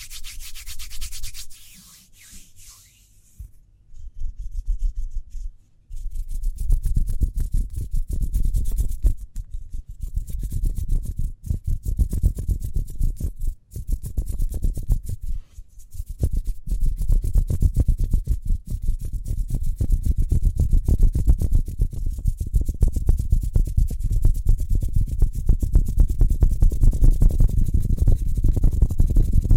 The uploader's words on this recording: ASMR Speedy Hand Sounds (No Talking).